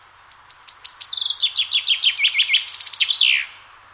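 Chaffinch song: a rattling series of sharp chirps that quickens into trilled phrases and ends with a bright downward flourish.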